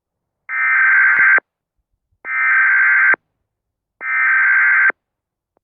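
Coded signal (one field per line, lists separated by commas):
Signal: Emergency Alert System (SAME) tones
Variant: header bursts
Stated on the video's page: EAS tones generated by an EAS app.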